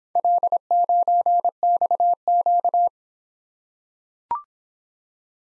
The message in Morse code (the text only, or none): L9XQ